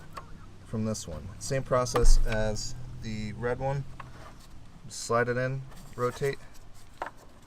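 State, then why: Seated. A taillight bulb socket on a 2011-14 Hyundai Elantra is slid into the plastic taillight housing and rotated to twist-lock it while someone talks. A sharp click at 7.0 s shows the socket seating in the housing.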